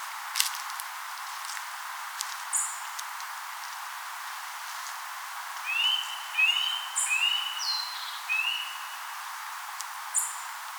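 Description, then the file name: Eurasian nuthatch calling four upslurred, whistled notes in quick succession midway through. Faint, high-pitched chips and a few clicks come before and after, over steady background hiss. "Sitta europaea"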